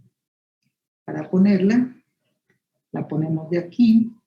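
Someone talks while a steel scalpel blade is handled for mounting onto a metal scalpel handle, top part first, using a needle holder. Speech fills the clip in two bursts, with near silence between them. Nothing has seated or clicked yet.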